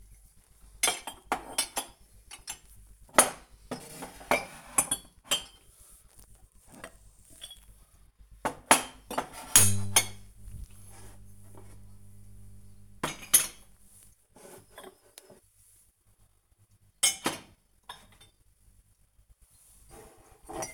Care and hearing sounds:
household activities, microphone on the right wrist
0.00-20.74 s: putting away the dishes

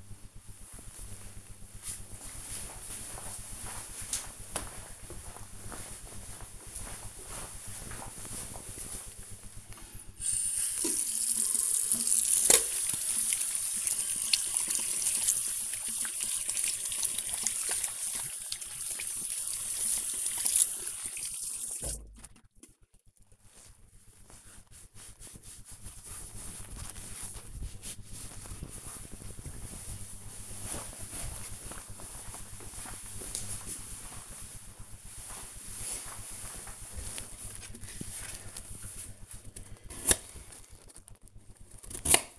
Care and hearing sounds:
household activities, microphone on the right wrist
9.16-23.29 s: washing hands
36.43-42.39 s: cutting vegetables

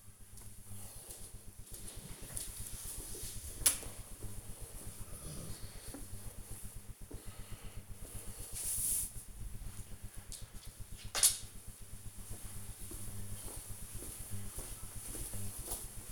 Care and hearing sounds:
household activities, microphone on the right wrist
none

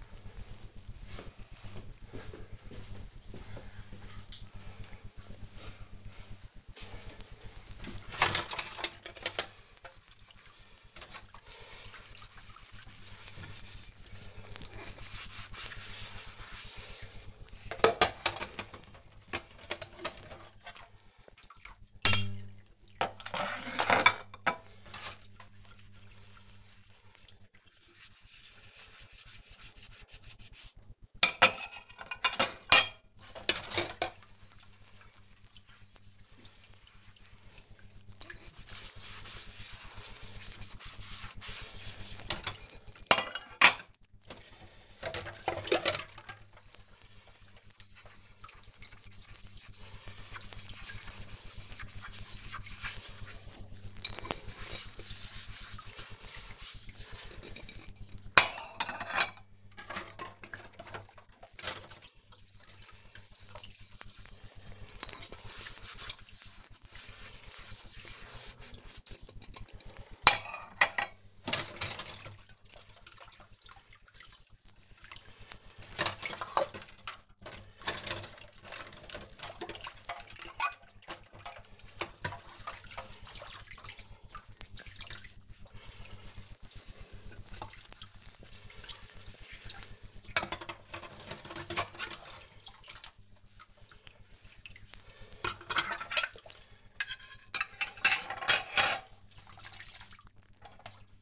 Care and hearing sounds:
household activities, microphone on the right wrist
8.38-99.97 s: washing dishes

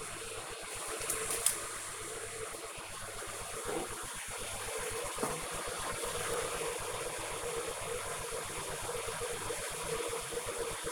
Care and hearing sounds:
household activities, microphone on the right wrist
0.00-10.92 s: making tea

